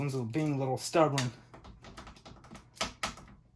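Someone talks while pushing a stubborn LED grow-light bar end into its hole in the frame of an Emerald Hammer EH500 fixture kit, with a few faint taps as it is worked in. A sharp click at 3.0 s marks the bar snapping into the frame, seated nice and solid.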